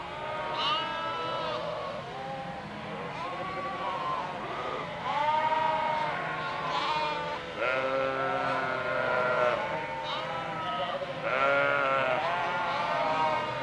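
Sheep bleating, a busy flock with many short and long quavering bleats overlapping continuously across the whole recording.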